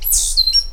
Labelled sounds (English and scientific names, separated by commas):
Stitchbird (Notiomystis cincta) song